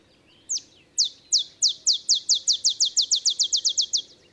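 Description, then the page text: Olive sparrow song, a run of bright, descending chips that begin slowly and accelerate into a rapid, even trill-like series. Simple songs likened to a field sparrow's bouncing ball song; early morning in Texas, 50 miles north of the Mexican border. "Olive sparrow. Recording early morning just 50 miles north of the Mexican border in Texas"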